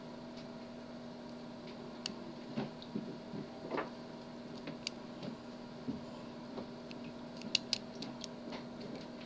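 A click-type torque wrench set to two is tightened on a fastener and gives sharp, short metallic clicks at 2.1, 4.9 and 7.6 seconds over a steady low hum. The wrench clicks at this low setting.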